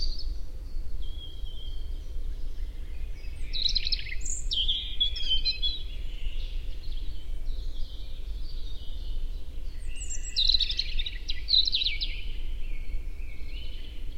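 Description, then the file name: European robin singing high, sweet warbled phrases in two main bursts separated by a gap, with constant low background rumble throughout. "Erithacus rubecula"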